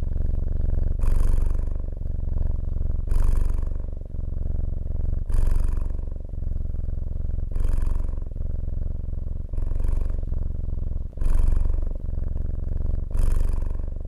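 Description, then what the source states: Cat purr, a continuous low throbbing rumble with a brighter, breathier phase about every two seconds. Domestic cat purring, offered as a calming sound for relaxation and sleep.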